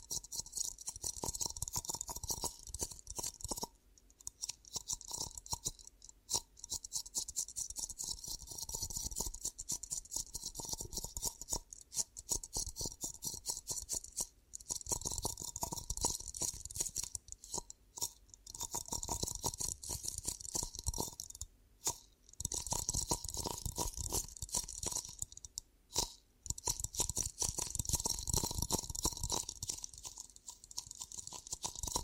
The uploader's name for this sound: ASMR 10 Ear Cupping Triggers